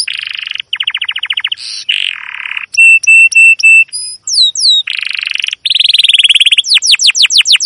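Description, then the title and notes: Canary song of varied phrases: buzzy trills, repeated short whistled chips, sweeping downslurred notes and a closing run of fast descending chirps. Domestic canary chirping song used as a lure and master recording to train young canaries to learn sounds. "CUIT CUIT NGEROL LANGSUNG GACOR PANJANG Kenari Ini AMPUH Utk Pancingan KENAR. PANCINGAN Kenari GACOR PANJANG Cuit CUIT EMOSI ini AMPUH utk MASTERAN Kenari PAUD belajar BUNYI. burung kenari"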